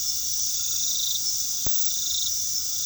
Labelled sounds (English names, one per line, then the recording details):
none
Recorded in pastures near Puerto Asís, Putumayo, Colombia, on 21 February 2024 at 22:00
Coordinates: 0.468, -76.328
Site G6414